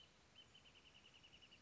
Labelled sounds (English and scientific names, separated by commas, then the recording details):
Wrentit (Chamaea fasciata)
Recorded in Sonoma County, California